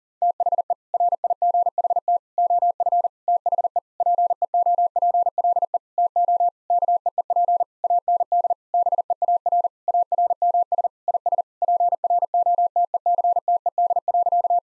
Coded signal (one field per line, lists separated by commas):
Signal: Morse code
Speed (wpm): 37 wpm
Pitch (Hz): 700 Hz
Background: none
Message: THE RIGHT OF THE PEOPLE TO KEEP AND BEAR ARMS IS PROTECTED.